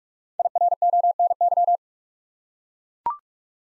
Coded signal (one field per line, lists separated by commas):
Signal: Morse code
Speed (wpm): 44 wpm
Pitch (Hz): 700 Hz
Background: none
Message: IRONY